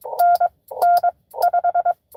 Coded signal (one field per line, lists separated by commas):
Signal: Morse code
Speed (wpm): 23 wpm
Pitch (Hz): 690 Hz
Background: none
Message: NN5